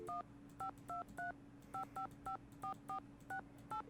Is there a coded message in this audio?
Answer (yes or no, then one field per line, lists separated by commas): yes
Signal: DTMF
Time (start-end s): 0.1-3.8 s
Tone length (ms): 110 ms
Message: 15235554468